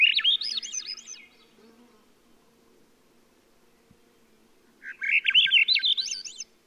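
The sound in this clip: Swainson's Thrush song: two rising, spiraling flute-like phrases separated by about four seconds of quiet, over a faint steady low hum.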